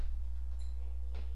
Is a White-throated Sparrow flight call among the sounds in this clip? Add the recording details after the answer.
no. No flight call is heard. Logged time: 02:54 on 17 September 2014